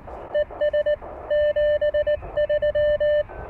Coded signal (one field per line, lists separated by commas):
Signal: Morse code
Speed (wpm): 19 wpm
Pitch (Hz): 600 Hz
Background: radio noise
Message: ES 73